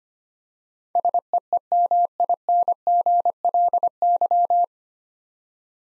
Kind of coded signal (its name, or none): Morse code